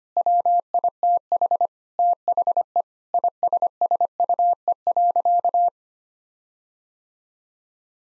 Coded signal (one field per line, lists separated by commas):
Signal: Morse code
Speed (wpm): 25 wpm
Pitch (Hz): 700 Hz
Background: none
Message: WITH THE ISSUE.